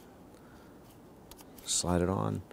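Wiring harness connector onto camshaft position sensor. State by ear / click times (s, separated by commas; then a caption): not seated / none. The wiring harness connector is lined up on top of the camshaft position sensor of a 2008-2013 Infiniti G37 and slid on. Quiet handling gives a couple of faint ticks near 1.3 s and 1.6 s, then someone talks. Nothing has seated or clicked yet; the connector is pushed home afterward.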